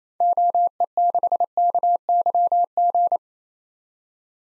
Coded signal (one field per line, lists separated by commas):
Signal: Morse code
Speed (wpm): 29 wpm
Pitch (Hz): 700 Hz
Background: none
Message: OE6KYG